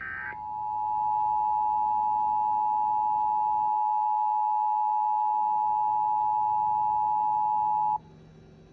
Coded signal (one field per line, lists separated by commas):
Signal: Emergency Alert System (SAME) tones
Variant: 853 and 960 Hz attention tone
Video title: A Day of RMTs (EAS #979-#982)